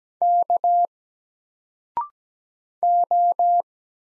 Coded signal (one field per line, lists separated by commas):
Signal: Morse code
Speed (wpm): 17 wpm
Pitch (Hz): 700 Hz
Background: none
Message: K O